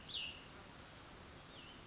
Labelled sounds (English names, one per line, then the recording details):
Cassin's Vireo
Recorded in Sonoma County, California